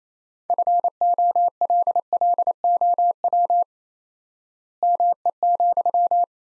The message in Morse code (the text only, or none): FOLLOW ME,